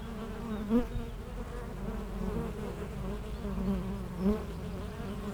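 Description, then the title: Honey bees making a steady low drone, with louder buzzes swelling briefly as single bees fly close by. Honey bees foraging between two hives of an apiary in Aix-les-Bains, France, making constant trips to flowers. "Aix-les-Bains, France - Les abeilles"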